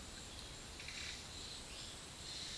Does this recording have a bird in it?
no